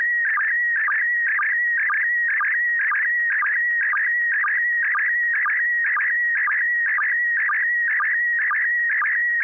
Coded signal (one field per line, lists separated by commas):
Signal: SSTV (slow-scan television)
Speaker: good evening uh kl7hqr yes i copied uh very well although quite a few pops